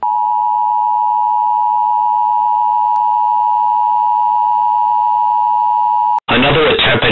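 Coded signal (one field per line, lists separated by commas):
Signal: Emergency Alert System (SAME) tones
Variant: 853 and 960 Hz attention tone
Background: speech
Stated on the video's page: Alert recreated from the movie Atomic Train.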